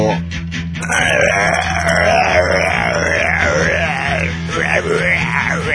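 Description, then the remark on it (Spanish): A person vocally imitates a malfunctioning car engine with a loud, continuous grinding, grunting drone whose pitch wobbles up and down, preceded by a few quick sputtering bursts. “Si el motor hace un ruido tipo...”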